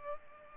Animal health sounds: mosquito wingbeat signal from an infrared sensor; Culex pipiens

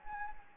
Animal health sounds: mosquito wingbeat signal from an infrared sensor; Anopheles gambiae

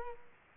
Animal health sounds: mosquito wingbeat signal from an infrared sensor; Culex quinquefasciatus

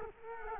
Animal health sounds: mosquito wingbeat signal from an infrared sensor; Culex quinquefasciatus

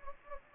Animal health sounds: mosquito wingbeat signal from an infrared sensor; Anopheles gambiae

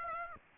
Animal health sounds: mosquito wingbeat signal from an infrared sensor; Aedes aegypti

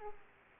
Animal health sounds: mosquito wingbeat signal from an infrared sensor; Aedes aegypti

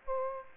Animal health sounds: mosquito wingbeat signal from an infrared sensor; Aedes aegypti

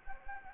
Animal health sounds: mosquito wingbeat signal from an infrared sensor; Anopheles gambiae

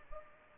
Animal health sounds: mosquito wingbeat signal from an infrared sensor; Culex pipiens

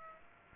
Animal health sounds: mosquito wingbeat signal from an infrared sensor; Aedes aegypti

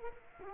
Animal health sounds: mosquito wingbeat signal from an infrared sensor; Culex quinquefasciatus

